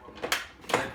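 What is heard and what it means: A plastic juicer lid is pressed down onto the juicer body until it clicks locked, seating at 0.3 s. A second sharp snap follows at 0.7 s over low background noise.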